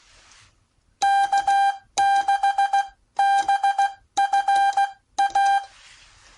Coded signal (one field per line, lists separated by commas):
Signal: Morse code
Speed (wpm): 16 wpm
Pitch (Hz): 790 Hz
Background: none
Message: K6BFA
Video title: Basics of sending Morse Code